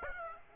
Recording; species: mosquito wingbeat signal from an infrared sensor; Aedes aegypti